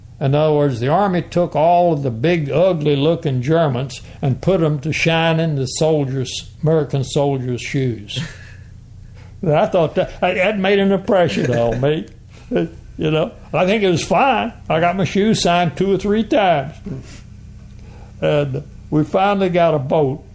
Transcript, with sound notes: In other words, they army took all of the big ugly-looking Germans and put them to shining the soldiers, the American soldiers shoes. [chuckles] And I thought that—that made an impression on me, [laughter] you know, I think it was fine, I got my shoes shined two or three times, and we finally got a boat,